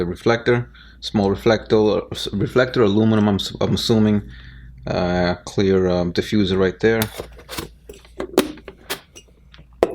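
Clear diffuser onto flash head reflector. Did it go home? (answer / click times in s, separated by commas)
yes / 9.8 s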